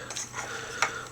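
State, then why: Seated. A plastic arm piece of a Takara-Tomy Animated Voyager Grimlock transforming robot toy is pushed up and back into its shoulder joint, with soft plastic rubbing and handling sounds. A sharp click at 0.8 s marks the arm piece seating in the joint.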